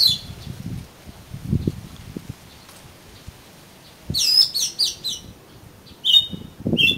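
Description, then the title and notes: Oriental magpie-robin song: a burst of rapid high whistled notes and two flat drawn whistles, with low thumping knocks before and between. "suara kacer. kumpulan suara burung kacer"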